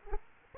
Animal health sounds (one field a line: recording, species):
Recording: mosquito wingbeat signal from an infrared sensor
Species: Aedes aegypti